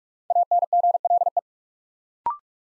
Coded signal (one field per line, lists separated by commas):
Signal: Morse code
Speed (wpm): 44 wpm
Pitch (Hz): 700 Hz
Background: none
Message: ANGLE